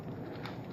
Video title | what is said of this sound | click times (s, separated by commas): Unboxing Hot Toys Marvel Iron Man Mk 22 Hot Rod Diecast MMS 272 D08 Collectible 1/6th Figure Review | And that snaps in there pretty well, unlike my Mark 43, I think it was. | 0.5 s